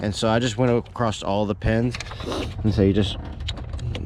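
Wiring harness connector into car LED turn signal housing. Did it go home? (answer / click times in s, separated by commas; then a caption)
yes / 3.5 s, 3.9 s. After corrosion is cleaned off its pins, a plastic wiring harness connector is pushed back into a car's LED turn signal housing while someone talks. Two quiet clicks are heard at 3.5 s and 4.0 s as the connector seats.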